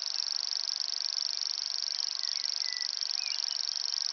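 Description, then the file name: Common grasshopper warbler reeling, a sustained high-pitched ticking trill at an even rapid pace throughout, with a few soft whistles in the background. Recorded at Ystad, Sweden, in 2011. "Gräshoppsångare - Locustella naevia-Ystad-Sweden"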